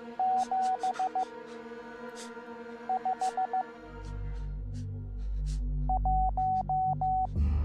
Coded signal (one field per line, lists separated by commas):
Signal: Morse code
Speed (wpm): 15 wpm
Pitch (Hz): 750 Hz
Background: music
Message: 7 5 1